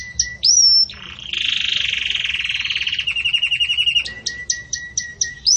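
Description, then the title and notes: Belgian canary singing: high whistled notes, then a long rolling buzzy trill, followed by short sharp notes repeated rapidly. Pure "campainha" song style delivered with pauses, for training. "Canto Canário Belga Campainha Puro Com Pausa Para Treinamento. CANARIO BELGA"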